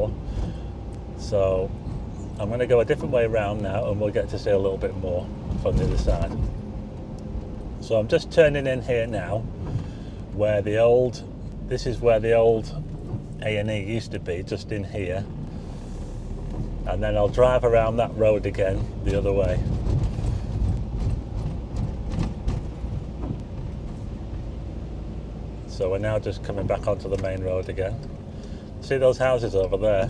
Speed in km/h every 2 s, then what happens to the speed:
35, 39, 40, 42, 40, 35, 26, 21, 23, 29, 35, 35, 34, 34, 31.
0-5 speeds up to 42. 8-14 slows to 21. 14-20 speeds up to 35. 20-26 steady at about 34.